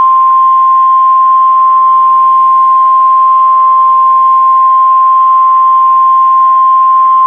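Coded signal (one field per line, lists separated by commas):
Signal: Emergency Alert System (SAME) tones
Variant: 1050 Hz attention tone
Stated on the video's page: Fictional EAS scenario.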